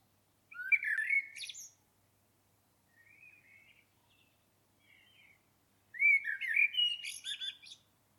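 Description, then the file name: Common blackbird song: a rich fluted phrase with a high squeaky ending, a soft pause with faint warbles, then another mellow phrase breaking into high chattering twitters. "Turdus merula"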